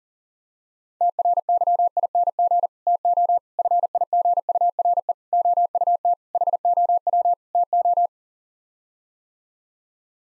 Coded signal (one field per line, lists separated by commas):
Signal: Morse code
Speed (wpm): 40 wpm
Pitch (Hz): 700 Hz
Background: none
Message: TRYING TO FIGURE OUT HOW TO